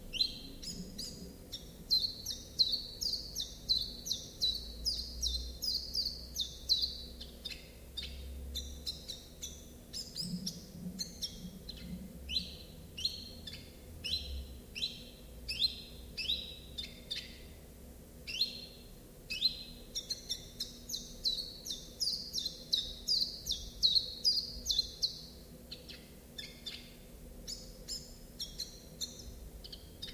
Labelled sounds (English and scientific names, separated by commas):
Common Chiffchaff (Phylloscopus collybita) song